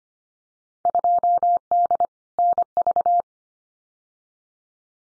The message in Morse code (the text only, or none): 2D NV